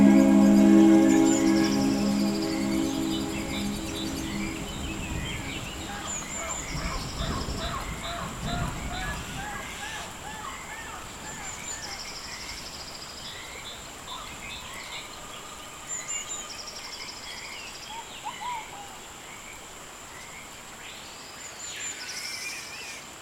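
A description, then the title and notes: Lots of birds chirp and trill throughout over a steady high insect-like whine, with frogs calling in repeated pulses. Low, hooting calls dominate the opening seconds, and a soft rumble of thunder rolls through around seven seconds before the chorus settles quieter. You'll hear a little thunder along with lots of birds, frogs and even some monkeys.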